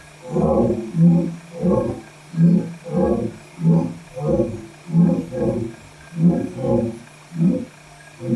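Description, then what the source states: Lion giving a long series of deep grunting pulses, holding steady in loudness, with a steady faint hum. Lion roaring in Africa, recorded in 2001; noise-reduced.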